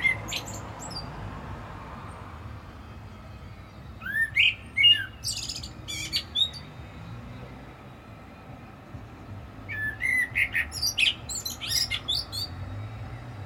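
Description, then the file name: Common blackbird song: two bouts of warbled whistled phrases ending in high twittering, separated by a few quiet seconds, over a constant low background noise. "Turdus merula"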